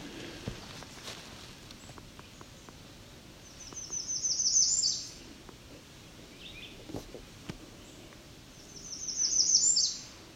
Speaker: this American Red Start is flying around tree to tree, singing, eating bugs.